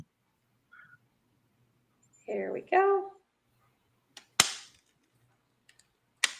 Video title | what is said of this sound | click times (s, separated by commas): Secrets to Restart GLP-1 Weight Loss - Mounjaro Week 92 | And there's the second click. Easy peasy. Didn't feel it at all. | 4.4 s, 6.2 s